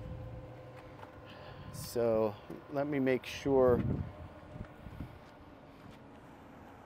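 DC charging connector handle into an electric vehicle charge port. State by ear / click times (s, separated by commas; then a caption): not seated / none. A DC fast-charging connector handle sits in an electric vehicle's charge port, and someone talks over a low, steady background hum. The plug's latch fails to catch because it is broken, and nothing has clicked or latched.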